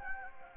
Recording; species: mosquito wingbeat signal from an infrared sensor; Anopheles gambiae